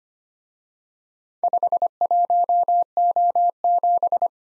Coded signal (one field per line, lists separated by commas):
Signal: Morse code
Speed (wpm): 29 wpm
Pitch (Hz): 700 Hz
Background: none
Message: 51O7